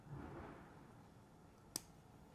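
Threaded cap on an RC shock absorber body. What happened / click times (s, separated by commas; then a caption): The threaded cap's thread start clicked into line / 1.8 s. A threaded plastic cap on the bladder shock of a Yokomo Rookie Speed RS1.0 RC car is wound backwards on the shock body after being pushed past the cap, with soft handling noise in the first half second. At 1.8 s the thread start drops into line with a single sharp, bright click, so the cap is seated in line and can be turned forward without cross-threading.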